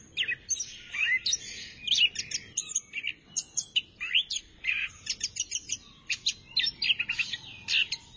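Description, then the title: Thrush singing a rapid medley of sharp chirps, slurred whistles and short trills, with a soft low background hiss. "burung anis x"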